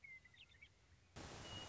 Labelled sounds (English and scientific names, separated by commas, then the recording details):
Western Meadowlark (Sturnella neglecta)
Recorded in Sonoma County, California